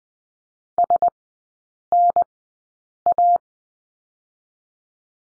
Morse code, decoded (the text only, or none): SNA